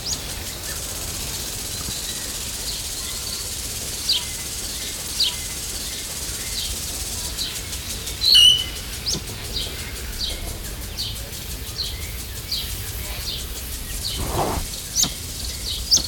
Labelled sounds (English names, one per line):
Helmeted Curassow call